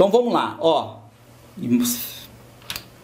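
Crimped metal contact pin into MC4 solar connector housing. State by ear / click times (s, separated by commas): seated / 2.7 s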